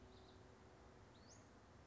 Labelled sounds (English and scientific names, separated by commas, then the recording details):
Western Flycatcher (Empidonax difficilis)
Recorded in Sonoma County, California